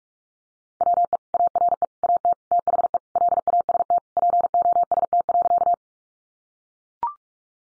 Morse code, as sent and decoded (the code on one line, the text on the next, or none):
.-- . / .- .-. . / .- - / - .... . / .-.. .- ... - / .--. --- ... - .-.-.-
WE ARE AT THE LAST POST.